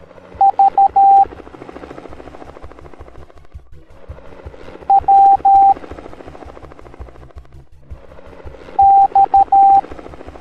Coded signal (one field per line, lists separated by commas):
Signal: Morse code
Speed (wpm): 13 wpm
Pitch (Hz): 790 Hz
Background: radio noise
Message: V W X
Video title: Tails from Sonic Teaching the Morse Code Alphabet Educational Video for Kids